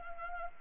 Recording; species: mosquito wingbeat signal from an infrared sensor; Anopheles arabiensis